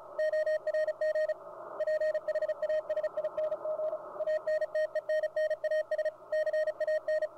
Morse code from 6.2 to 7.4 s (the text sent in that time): CAN